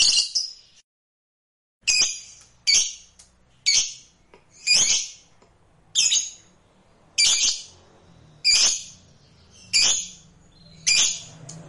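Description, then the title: Lovebird calls, single piercing shrieks repeated roughly once a second, each short and harsh, with quiet gaps between. "Suara Lovebird"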